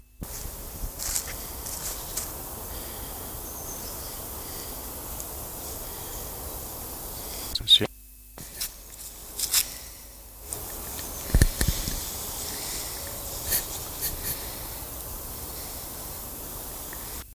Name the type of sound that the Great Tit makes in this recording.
call